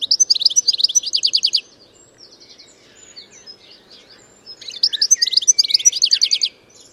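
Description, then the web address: Bird delivering two fast, high trilled phrases of evenly spaced chirps, with soft twitters in the gap between them. "Bird Only"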